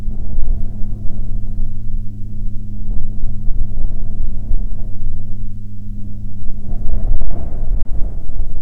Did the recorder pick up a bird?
no